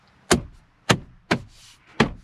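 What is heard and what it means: A plastic lower trim panel, with the autostop eliminator module behind it, is pushed back onto its retaining clips in a 2021 Chevy Silverado's interior panel. Four sharp snaps ring out at 0.3, 0.9, 1.3 and 2.0 seconds as the clips seat. The panel ends up firmly in place.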